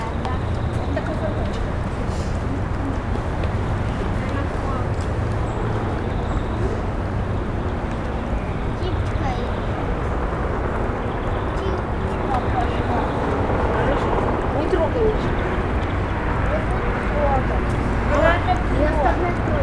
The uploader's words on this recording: London. St Dunstan-in-the-East. Noon.